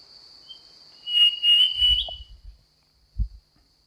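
Black-chinned robin call, a sustained high whistle with a pulsing quality, over a steady insect drone and a few low thumps.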